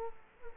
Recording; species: mosquito wingbeat signal from an infrared sensor; Culex quinquefasciatus